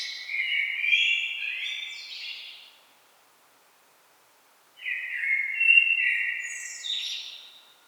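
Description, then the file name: Common blackbird song: two mellow fluted phrases around the middle pitches, each ending in a higher squeaky twitter, separated by about two seconds of silence. "Turdus merula"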